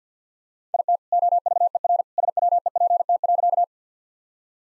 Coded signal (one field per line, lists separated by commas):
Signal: Morse code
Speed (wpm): 45 wpm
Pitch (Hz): 700 Hz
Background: none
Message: IT OVERSWEPT.